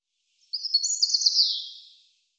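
European robin song: one high, fluid phrase of rapid twittering notes that slides slightly downward and fades out.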